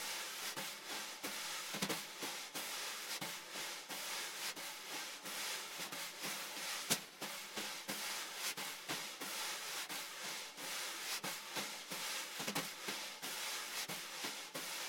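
Brushes swish steadily across a snare, making a dense, bright hiss that fills the whole clip with little change in level. Soft taps and sweeps recur in a fairly regular pattern, roughly several per second, with one sharper accent near the seven-second mark.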